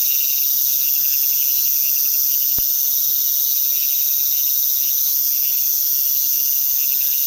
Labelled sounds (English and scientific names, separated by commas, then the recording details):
none
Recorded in pastures near Puerto Asís, Putumayo, Colombia, on 18 February 2024 at 00:30
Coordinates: 0.468, -76.328
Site G6414